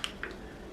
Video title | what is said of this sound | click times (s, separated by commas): Holy Stone HS720G GPS 4K Camera Drone - Full Flight Test and Unboxing | just fits into the back of the Drone uh like this and you'll hear a click when it snaps in | 0.0 s, 0.2 s